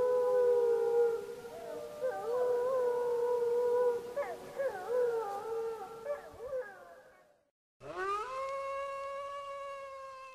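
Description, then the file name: Wolf: wolves howling together, long overlapping howls with wavering, yelping breaks, then a brief silence and a single rising howl that holds steady. "Wolf Howling Compilation"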